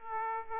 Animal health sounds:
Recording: mosquito wingbeat signal from an infrared sensor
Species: Aedes aegypti

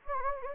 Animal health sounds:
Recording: mosquito wingbeat signal from an infrared sensor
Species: Anopheles gambiae

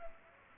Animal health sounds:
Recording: mosquito wingbeat signal from an infrared sensor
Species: Culex pipiens

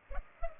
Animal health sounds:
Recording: mosquito wingbeat signal from an infrared sensor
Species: Culex pipiens

